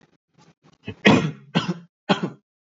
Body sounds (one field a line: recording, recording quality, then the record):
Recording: shallow voluntary cough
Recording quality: excellent, no background noise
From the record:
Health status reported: healthy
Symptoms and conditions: cough, sore throat, diarrhoea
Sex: male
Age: 26 years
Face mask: not worn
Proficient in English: yes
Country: India